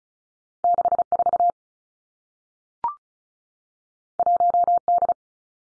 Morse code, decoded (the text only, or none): 6 4 1 D